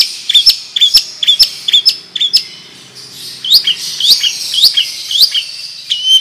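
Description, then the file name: Long-tailed shrike song: repeated high chirps, then a series of upslurred whistled notes. Song style called 'ngerol panjang' (long roll); bird described as 'gacor', singing actively. "Burung Cendet Ngerol Panjang Gacor"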